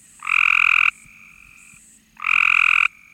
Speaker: The mimicry is so good, it's hard to tell frog from bird. Here's the call of a Cope's gray tree frog.